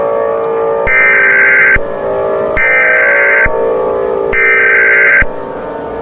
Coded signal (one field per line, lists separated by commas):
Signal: Emergency Alert System (SAME) tones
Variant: header bursts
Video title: Tsunami warning EAS test (last upload of 2025!)